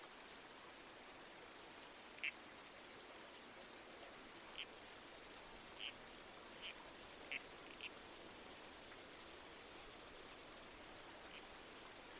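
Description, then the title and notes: Red-crowned toadlet with brief, abrupt calls scattered at uneven intervals over a hissing wash of creek water and wind in trees. Night-time bush soundscape with a babbling creek and trees swaying in the wind. "Red-Crowned Toadlet. Nocturnal Worlds"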